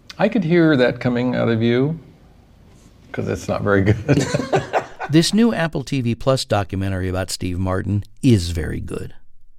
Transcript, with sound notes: I could hear that coming out of you 'cause it's not very good.
(Laughter).
This new Apple TV+ documentary about Steve Martin is very good.